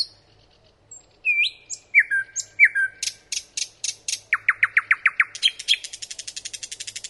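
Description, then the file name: Nightingale song: a few thin whistles and slurred notes, then sharp clicks, a series of repeated slurred notes and a fast rattling trill. "Solovei"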